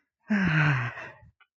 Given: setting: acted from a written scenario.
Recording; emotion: vocal sound without words; ecstasy